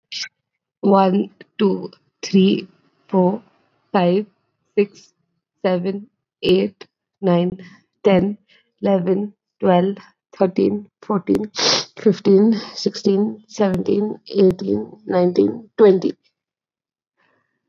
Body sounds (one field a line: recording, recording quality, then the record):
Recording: counting at a normal pace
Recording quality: excellent, no background noise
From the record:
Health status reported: COVID-19 positive, mild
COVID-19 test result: positive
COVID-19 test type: RT-PCR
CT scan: not taken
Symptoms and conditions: cough, cold, sore throat, muscle pain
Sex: female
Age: 26 years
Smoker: yes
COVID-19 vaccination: both doses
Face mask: not worn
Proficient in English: yes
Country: India